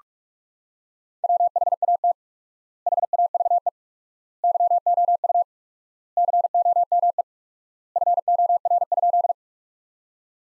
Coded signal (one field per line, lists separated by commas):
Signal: Morse code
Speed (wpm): 46 wpm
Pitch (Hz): 700 Hz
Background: none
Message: WHAT HAVE YOU COME FOR?